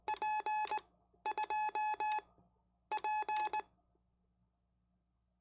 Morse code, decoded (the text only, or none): P2P